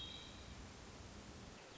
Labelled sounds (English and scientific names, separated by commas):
Hermit Thrush (Catharus guttatus)